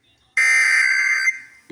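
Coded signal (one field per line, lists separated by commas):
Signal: Emergency Alert System (SAME) tones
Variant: header bursts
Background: speech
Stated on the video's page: Texas Required Monthly Test as carried on several broadcast radio and TV stations.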